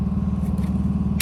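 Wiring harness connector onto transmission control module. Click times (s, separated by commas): 1.2 s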